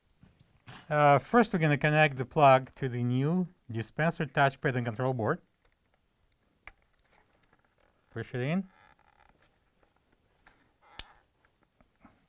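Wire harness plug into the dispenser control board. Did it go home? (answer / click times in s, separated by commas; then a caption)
yes / 11.0 s. A wire harness plug is pushed into the socket on a new Samsung refrigerator dispenser touchpad and control board, part DA97-08118Q. Someone talks, then after small handling noises the plastic connector latches with a sharp click at 11.0 s, showing it is seated.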